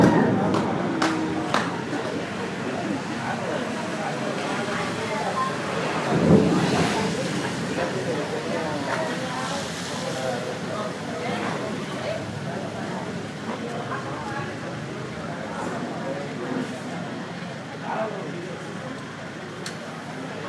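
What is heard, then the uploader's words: A dense crowd murmurs outdoors on a city street at night, many voices blending into a steady hubbub. Sharp bangs, like firecrackers, pop now and then, with a louder burst around six seconds, while traffic rumbles faintly underneath. Recorded outside the Hotel Colina, in El Vedado in Ciudad Habana, Cuba.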